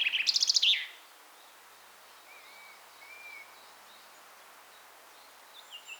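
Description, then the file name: Common chaffinch song: a loud, fast rattle of notes lasting under a second, followed by quiet, thin whistles and a few soft chirps near the end. "Fringilla coelebs"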